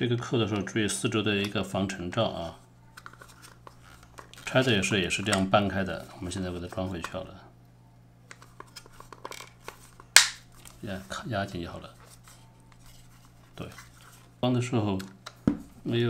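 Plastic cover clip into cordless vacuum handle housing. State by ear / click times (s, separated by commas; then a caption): seated / 10.2 s. Someone talks while pressing the plastic cover over the switch assembly back onto the handle housing of a Dyson V10 cordless stick vacuum during a repair of its broken switch button, with the dust seal around the edges. Faint ticks and rustles come before a loud, sharp snap at 10.2 s as the cover seats into place.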